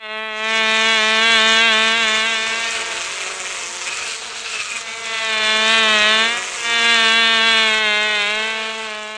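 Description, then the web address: Bee buzzing in a steady, droning hum that swells and fades twice, its pitch wavering slightly throughout. "Dorling Kindersley My First Incredible Amazing Dictionary. BEE"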